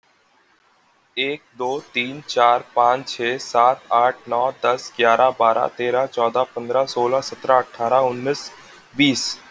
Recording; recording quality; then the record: counting at a normal pace; excellent, no background noise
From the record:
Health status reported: healthy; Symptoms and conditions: none ticked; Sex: male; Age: 25 years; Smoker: not ticked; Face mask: not worn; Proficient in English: no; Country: India